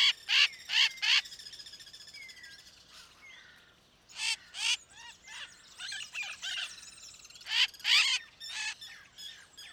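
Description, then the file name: Bird giving scattered groups of harsh squawks separated by quieter chatter and soft slurred whistles, with a light background hiss. "SABIOD 50 bird 2015"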